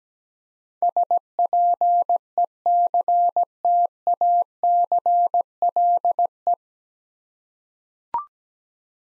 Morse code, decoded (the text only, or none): SPECTACLE